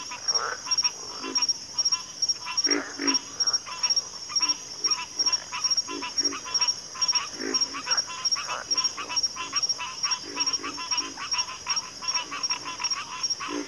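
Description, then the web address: Pig frog grunting calls, short low rough grunts given in quick irregular runs, over a steady high-pitched insect trill that continues throughout. "Sleep Sounds of Nature. Pig Frogs"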